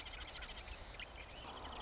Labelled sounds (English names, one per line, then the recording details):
Marsh Wren
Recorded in Sonoma County, California